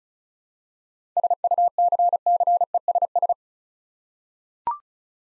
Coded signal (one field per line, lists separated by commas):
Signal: Morse code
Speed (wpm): 36 wpm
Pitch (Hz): 700 Hz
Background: none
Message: SUCCESS